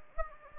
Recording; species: mosquito wingbeat signal from an infrared sensor; Anopheles gambiae